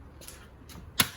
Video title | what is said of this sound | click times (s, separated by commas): Installing tutorial Chrysler 300 Sequential Amber Turn Signal Side Mirror LED Lights | make sure you hear you hear the click and that's it | 1.0 s